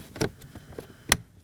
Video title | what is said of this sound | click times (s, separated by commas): How to Replace Cabin Filter 2015-2023 Nissan Maxima | push until you hear the click. | 1.1 s